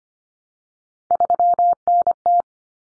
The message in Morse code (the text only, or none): 3NT